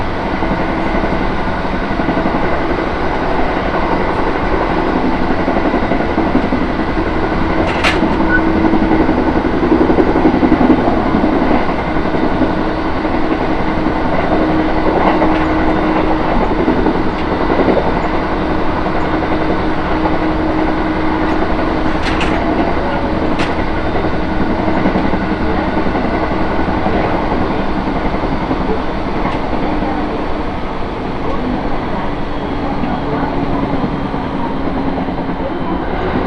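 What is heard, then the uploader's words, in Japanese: A train on the Tohoku and Kitakami lines rolls along with a steady, dense rumble and a low droning hum that barely changes. Sharp metallic clicks and clacks stand out near 8 seconds and again around 22 to 23 seconds, with fainter ticks scattered elsewhere. 耳で楽しむ鉄道旅 東北本線・北上線 花巻→北上→和賀仙人。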